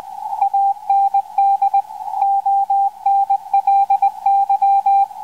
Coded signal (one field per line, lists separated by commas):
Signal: Morse code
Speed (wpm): 20 wpm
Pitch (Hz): 790 Hz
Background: radio noise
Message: AND ONLY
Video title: Morse recording from 80 meters (original + decoded by Fldigi)